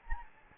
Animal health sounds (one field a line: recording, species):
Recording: mosquito wingbeat signal from an infrared sensor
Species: Anopheles gambiae